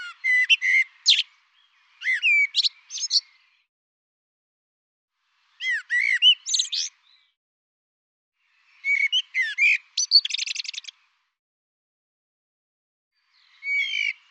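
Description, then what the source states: Bird song of five short bursts of chirps and whistled slurs, one ending in a quick buzzy trill, spaced by pauses of up to about three seconds. Labelled 'Tu Me Tu Me'.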